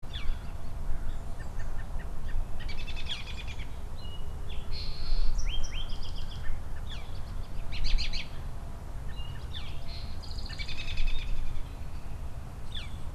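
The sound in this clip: Birds giving short, bright chirps and twittery bursts scattered throughout over a steady low rumbling background noise.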